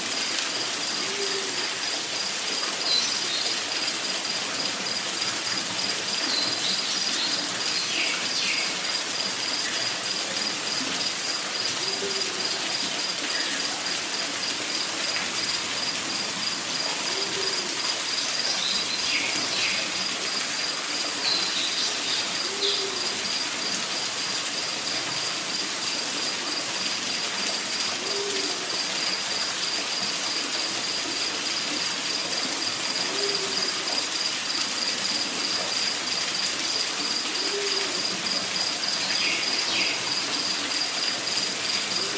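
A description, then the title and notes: A waterfall in the rainforest rushes in a steady, dense hiss that never changes in level. Every few seconds a soft, low call repeats in the background, alongside a constant thin insect whine and occasional faint bird chirps. Discovering Your Own Private Waterfall in the Rainforest.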